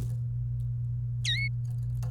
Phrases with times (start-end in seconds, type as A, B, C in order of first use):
1.25-1.48 A